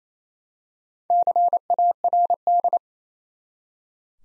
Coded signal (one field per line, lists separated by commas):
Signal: Morse code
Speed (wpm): 29 wpm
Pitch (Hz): 700 Hz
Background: none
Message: CARD